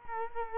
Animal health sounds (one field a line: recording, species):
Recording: mosquito wingbeat signal from an infrared sensor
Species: Culex quinquefasciatus